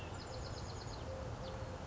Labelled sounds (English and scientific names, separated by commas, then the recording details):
Chestnut-backed Chickadee (Poecile rufescens)
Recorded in Sonoma County, California